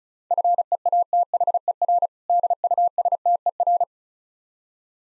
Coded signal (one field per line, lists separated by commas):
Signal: Morse code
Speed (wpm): 35 wpm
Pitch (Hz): 700 Hz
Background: none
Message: FEATHER DUSTER